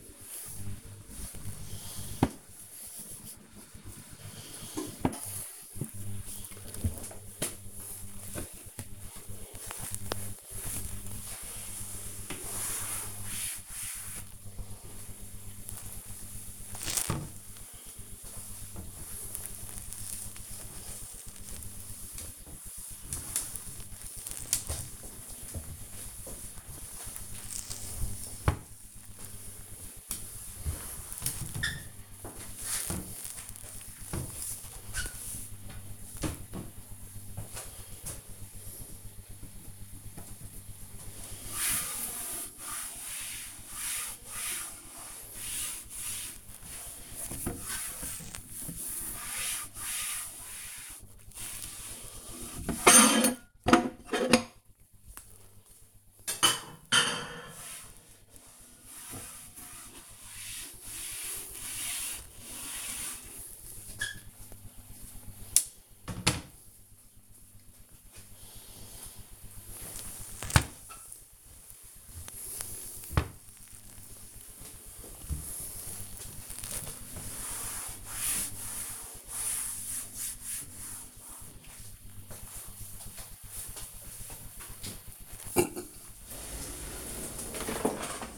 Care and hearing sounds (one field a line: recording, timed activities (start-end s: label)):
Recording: household activities, microphone on the right wrist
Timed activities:
0.00-6.38 s: cleaning the cupboard
0.00-88.37 s: kitchen
8.40-88.37 s: cleaning the cupboard